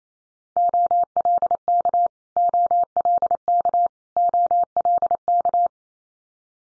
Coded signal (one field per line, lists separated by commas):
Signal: Morse code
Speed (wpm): 28 wpm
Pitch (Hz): 700 Hz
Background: none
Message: OLK OLK OLK